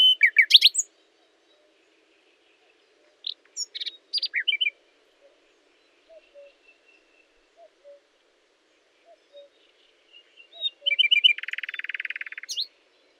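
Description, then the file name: Common nightingale singing in bursts: a loud chattering phrase, then scattered rich notes, soft quiet pips during a pause, and a fast buzzy rattling trill to finish. "Luscinia megarhynchos"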